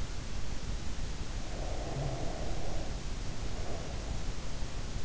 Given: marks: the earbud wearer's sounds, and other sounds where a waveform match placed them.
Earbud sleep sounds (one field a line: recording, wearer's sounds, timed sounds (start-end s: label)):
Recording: sounds in sleep by an in-ear microphone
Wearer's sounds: breath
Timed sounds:
1.26-5.03 s: breath